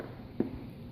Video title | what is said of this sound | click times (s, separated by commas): 1st Video and Computer Build | okay both of them are in you hear like a little click that that's how you know | 0.0 s, 0.4 s